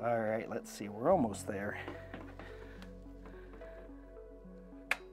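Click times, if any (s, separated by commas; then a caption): 4.9 s. A BioBidet Discovery DLS bidet seat is slid back onto its toilet mounting plate while someone talks over background music. It clicks into place at 4.9 s with a sharp snap, and its release button pops out flush, showing the seat is fully seated.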